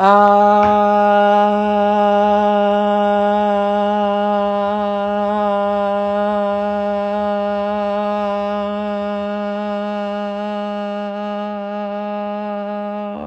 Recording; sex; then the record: sustained vowel /a/; female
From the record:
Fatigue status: no fatigue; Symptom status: asymptomatic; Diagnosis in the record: COVID-19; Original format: m4a